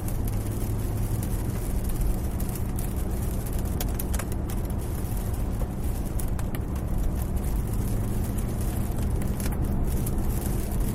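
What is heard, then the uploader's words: A car drives steadily in the rain, its low engine and road rumble holding even throughout. Over it, a dense hiss of rain covers the windows, with frequent sharp ticks and taps of drops striking the glass, clustering around four and ten seconds. DRIVING IN THE RAIN AMBIENT ASMR NOISE. The sound is similar to a car driving in the rain, with the sound of the rain hitting the windows.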